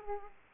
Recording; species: mosquito wingbeat signal from an infrared sensor; Aedes aegypti